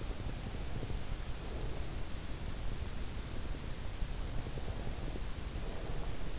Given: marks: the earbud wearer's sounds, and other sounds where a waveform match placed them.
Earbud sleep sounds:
sounds in sleep by an in-ear microphone; breath
0.06-2.29 s: breath
4.39-6.39 s: breath

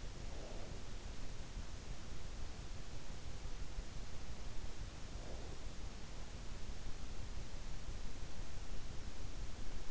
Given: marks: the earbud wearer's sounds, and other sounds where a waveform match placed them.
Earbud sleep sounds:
sounds in sleep by an in-ear microphone; breath
0.00-1.24 s: breath
4.86-6.02 s: breath

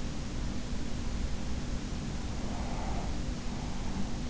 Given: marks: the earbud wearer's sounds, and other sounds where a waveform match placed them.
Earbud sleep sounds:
sounds in sleep by an in-ear microphone; breath
2.00-4.23 s: breath

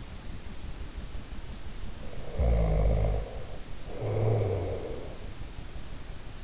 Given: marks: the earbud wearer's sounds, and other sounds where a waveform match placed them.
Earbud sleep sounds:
sounds in sleep by an in-ear microphone; snoring breath
2.15-5.38 s: snoring breath

